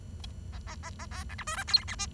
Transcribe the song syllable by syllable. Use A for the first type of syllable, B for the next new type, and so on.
A A A A B C D E F G H I